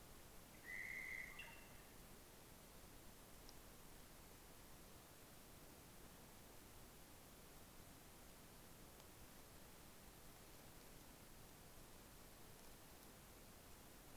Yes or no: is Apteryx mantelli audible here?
no